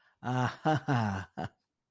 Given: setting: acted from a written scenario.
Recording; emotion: vocal sound without words; realization